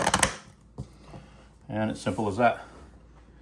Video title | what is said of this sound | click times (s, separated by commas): Fasco Track System Designed for quicker installations (Great for the novice installers) | And then once you get both sides on, you can just go ahead and snap that in place and work your way down. | 0.2 s